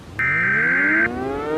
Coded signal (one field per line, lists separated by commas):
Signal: Emergency Alert System (SAME) tones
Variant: header bursts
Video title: EAS Scenario #14 Alien Attack